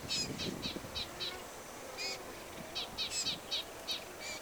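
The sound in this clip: Black-capped vireo song: a rapid run of clipped high notes, then several more varied chattering phrases, over low rumbling noise.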